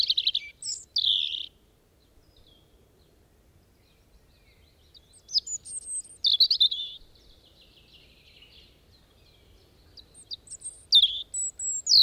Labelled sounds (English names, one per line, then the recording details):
European Robin song
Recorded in the wild
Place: Beyenburger Stausee, Nordrhein-Westfalen, DE
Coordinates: 51.25, 7.3
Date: 1995-04-14
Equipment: Sony WM-D6C
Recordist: Skiba, Reinald